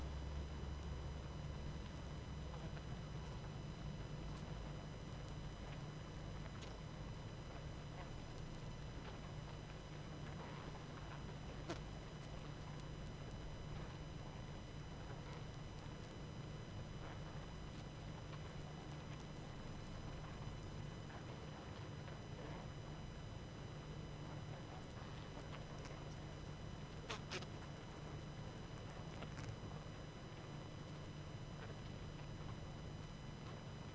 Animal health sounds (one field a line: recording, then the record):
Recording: honeybee colony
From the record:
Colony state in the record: active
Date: 12 June 2018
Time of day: 21:40